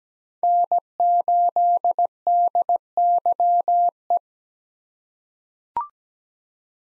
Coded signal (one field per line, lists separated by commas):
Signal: Morse code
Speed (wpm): 17 wpm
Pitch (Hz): 700 Hz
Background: none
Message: N8DYE